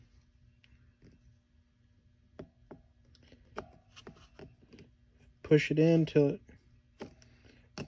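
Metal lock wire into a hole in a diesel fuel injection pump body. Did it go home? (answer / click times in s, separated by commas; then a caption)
yes / 7.8 s. While reassembling a Kubota diesel fuel injection pump, a metal lock wire is turned and pushed into a hole in the pump body, with a series of small, sharp metallic taps and scrapes. Someone talks briefly in the middle. A sharp click at 7.8 s marks the lock wire seating in its hole.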